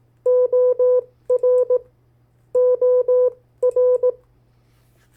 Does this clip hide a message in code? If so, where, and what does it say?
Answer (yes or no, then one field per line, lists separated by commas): yes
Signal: Morse code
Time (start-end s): 0.3-4.1 s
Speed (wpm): 18 wpm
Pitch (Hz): 500 Hz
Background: none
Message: OR OR